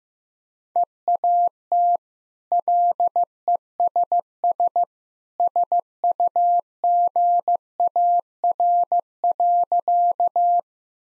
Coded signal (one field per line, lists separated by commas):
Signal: Morse code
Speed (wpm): 15 wpm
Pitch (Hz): 700 Hz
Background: none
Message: EAT LESS SUGAR.